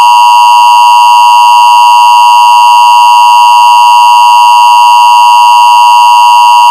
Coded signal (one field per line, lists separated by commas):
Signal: Emergency Alert System (SAME) tones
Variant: 853 and 960 Hz attention tone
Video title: loud emergency alert system on based United States of America, 2023 Pakistan 😳😳😳😳😳😳😳😳😳😳😳😳😳😳😳😳😳😳😳😳😳😳😳